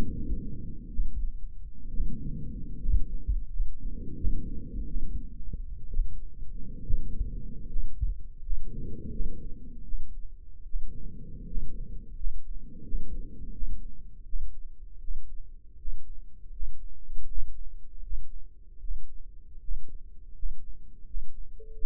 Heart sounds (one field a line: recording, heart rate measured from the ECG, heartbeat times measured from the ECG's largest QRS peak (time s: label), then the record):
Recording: heart sounds by microphone in the right ear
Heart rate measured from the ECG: 78 bpm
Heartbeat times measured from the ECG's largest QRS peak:
0.90 s: heartbeat
1.90 s: heartbeat
2.78 s: heartbeat
3.49 s: heartbeat
4.16 s: heartbeat
4.86 s: heartbeat
5.89 s: heartbeat
6.83 s: heartbeat
7.68 s: heartbeat
8.42 s: heartbeat
9.11 s: heartbeat
9.84 s: heartbeat
10.65 s: heartbeat
11.47 s: heartbeat
12.16 s: heartbeat
12.84 s: heartbeat
13.52 s: heartbeat
14.25 s: heartbeat
15.00 s: heartbeat
15.78 s: heartbeat
16.52 s: heartbeat
17.27 s: heartbeat
18.02 s: heartbeat
18.80 s: heartbeat
19.60 s: heartbeat
20.34 s: heartbeat
21.06 s: heartbeat
21.74 s: heartbeat
From the record:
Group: healthy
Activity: rest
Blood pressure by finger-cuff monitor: 135/68 mmHg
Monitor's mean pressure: 86 mmHg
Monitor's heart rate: 81 bpm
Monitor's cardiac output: 9.1 L/min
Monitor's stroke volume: 116 mL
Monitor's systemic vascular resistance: 700 dyn s/cm5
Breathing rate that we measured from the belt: 13 breaths a minute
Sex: male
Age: 24 years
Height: 184 cm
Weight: 89 kg